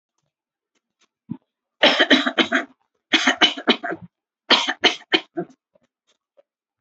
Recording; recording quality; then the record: shallow voluntary cough; excellent, no background noise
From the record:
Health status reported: healthy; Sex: female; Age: 58 years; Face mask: not worn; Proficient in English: yes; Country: India